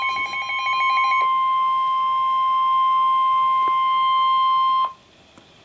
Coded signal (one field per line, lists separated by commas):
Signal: Emergency Alert System (SAME) tones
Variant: 1050 Hz attention tone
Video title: NOAA Weather Radio Flood Warning (EAS #21)